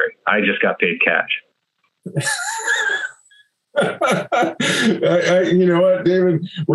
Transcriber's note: laughs